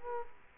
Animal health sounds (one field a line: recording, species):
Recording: mosquito wingbeat signal from an infrared sensor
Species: Culex quinquefasciatus